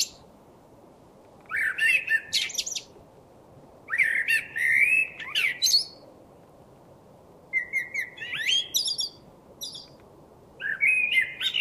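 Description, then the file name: Common blackbird song in four phrases, each mixing a low, mellow whistled warble with sharp, high squeaky twittering notes, with short pauses between. "Turdus merula"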